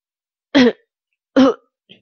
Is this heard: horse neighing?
no